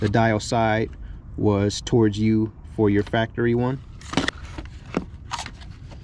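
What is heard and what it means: Someone talks while holding the Pulsar LT module harness connector up to the factory MAF sensor plug on a 2019 Silverado 1500 Z71 LTZ, dial side facing the installer. After the talking, a few brief sharp handling sounds come at about 4.2, 4.3 and 5.0 seconds. The connector has not seated or clicked yet.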